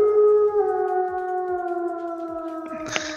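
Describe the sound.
A single long wolf howl holds a steady, slightly wavering tone that slowly sinks in pitch for about three seconds, ending with a short hissy burst. No one speaks.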